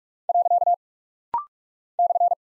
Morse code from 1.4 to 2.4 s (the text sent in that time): /